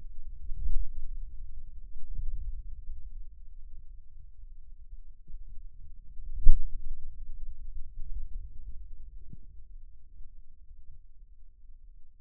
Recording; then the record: forearm muscle sounds (acoustic myography)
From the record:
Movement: hand closing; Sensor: system 2, bracelet of six BSWA MPA416 microphones around the upper forearm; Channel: 1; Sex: male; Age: 22 years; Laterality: right